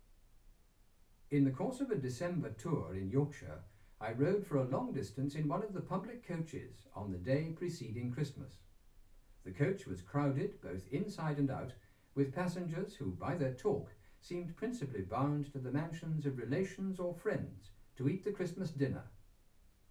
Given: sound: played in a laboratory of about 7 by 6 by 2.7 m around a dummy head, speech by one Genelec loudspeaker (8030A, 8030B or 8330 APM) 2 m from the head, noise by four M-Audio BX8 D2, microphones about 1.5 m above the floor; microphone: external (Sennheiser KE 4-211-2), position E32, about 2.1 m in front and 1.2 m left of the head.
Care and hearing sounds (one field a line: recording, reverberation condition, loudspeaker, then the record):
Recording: male speech in English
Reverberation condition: low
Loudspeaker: behind (180 degrees)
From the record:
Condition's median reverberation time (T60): about 310 ms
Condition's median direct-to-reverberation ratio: about 3.5 dB